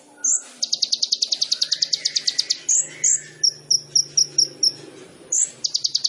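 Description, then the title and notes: Sunbird song of long rapid buzzy trills, high and even, broken by sharp chips and a short series of clicking notes before another trill. Indonesian masteran training recording of a gacor kolibri ninja, full of isian (fill-in phrases) and tembakan (shots), suitable as a lure (pancingan). "MASTERAN KOLIBRI NINJA TERBAIK FULL ISIAN DAN TEMBAKAN MEWAH COCOK BUAT PANCINGAN. Suara Burung Kolibri Ninja Gacor"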